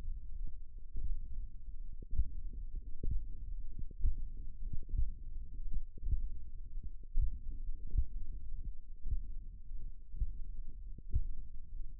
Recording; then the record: forearm muscle sounds (acoustic myography)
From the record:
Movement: finger pinch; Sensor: system 1, eight BSWA MPA416 microphones around the upper forearm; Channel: 8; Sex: male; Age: 23 years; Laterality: right